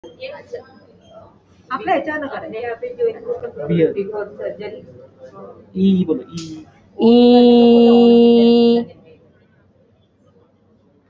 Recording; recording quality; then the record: sustained vowel as in beet; moderate, slight background noise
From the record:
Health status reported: exposed to COVID-19, no respiratory illness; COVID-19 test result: negative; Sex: female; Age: 52 years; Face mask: worn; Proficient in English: yes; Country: India